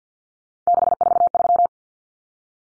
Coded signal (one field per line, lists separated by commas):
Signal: Morse code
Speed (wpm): 50 wpm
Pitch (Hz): 700 Hz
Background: none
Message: 643